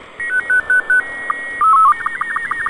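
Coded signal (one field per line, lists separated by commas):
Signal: SSTV (slow-scan television)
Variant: Robot 36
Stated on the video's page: SSTV downlink on UHF from amateur satellite CO-66 (SEED II), alternating with FM voice.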